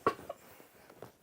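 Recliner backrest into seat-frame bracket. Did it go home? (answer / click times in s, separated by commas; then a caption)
yes / 0.1 s. A Thomas Payne Signature Swivel Glider RV Recliner with Footrest has its backrest lowered onto its side bracket on the seat frame and pressed down until the latch engages. A sharp click at 0.1 s is followed by fainter knocks around 0.3, 0.9 and 1.0 s. The backrest is seated on the first side.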